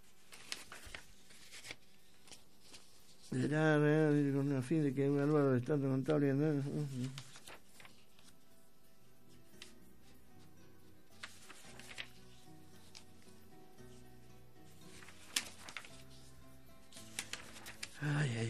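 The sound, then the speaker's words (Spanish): Papery rustling and soft flicks as the pages of a 97-page pension sustainability document are turned one after another in irregular bursts, with a loud wavering voice-like tone breaking in for a few seconds early on. “97 páginas, que me las tuve que leer en un rato hoy a la tarde, y entonces por eso tengo que buscar.”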